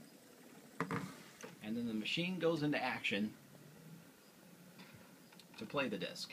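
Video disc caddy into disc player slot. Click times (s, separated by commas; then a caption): 0.8 s. A plastic caddy holding a video disc is pushed into the front slot of a vintage disc player until the latch clicks at 0.8 s, and the caddy is then pulled back out, leaving the disc inside the player. Someone talks over the mechanical sounds, and the caddy is seated.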